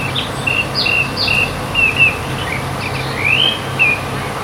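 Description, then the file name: Eurasian blackcap giving a series of short clear whistled notes, then a brief rising whistle, over a steady low hum. "Sylvia atricapilla"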